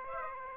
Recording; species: mosquito wingbeat signal from an infrared sensor; Aedes aegypti